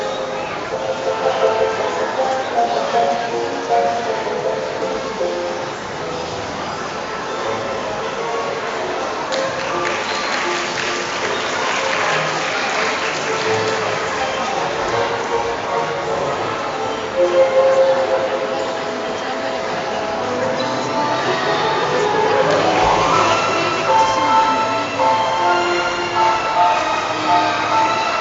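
A noisy shopping centre during a soap-bubble workshop, thick with overlapping voices and chatter that never lets up. Bright tonal sounds and scattered clatter sit on top, with a louder swell around eighteen seconds and busier activity in the last third.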